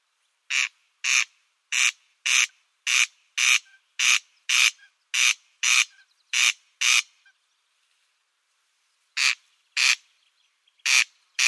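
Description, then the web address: Corn crake calling a long, even series of dry rasping double notes, pausing briefly before starting again. Display call. "Schulze Peter Corn Crake display"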